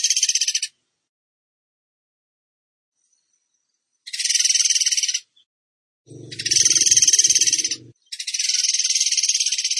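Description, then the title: Bird song as repeated high, rapid trills in bursts of one to two seconds, with a low rumbling noise beneath one burst. Masteran song in the tembakan gacor style. "Masteran Burung Tembakan Gacor"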